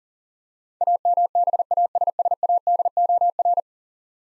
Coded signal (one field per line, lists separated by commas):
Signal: Morse code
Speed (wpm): 40 wpm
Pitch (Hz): 700 Hz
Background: none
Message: AMBASSADOR